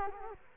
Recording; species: mosquito wingbeat signal from an infrared sensor; Culex quinquefasciatus